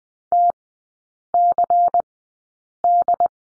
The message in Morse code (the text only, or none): TCD